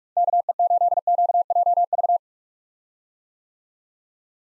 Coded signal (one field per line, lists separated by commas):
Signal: Morse code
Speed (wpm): 43 wpm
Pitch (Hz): 700 Hz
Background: none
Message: KE8QJV